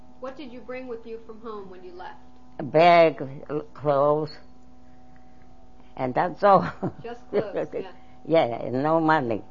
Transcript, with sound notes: What did you bring with you from home when you left?
A bag with clothes and that's all (she laughs)
Just clothes.
Yeah, no money.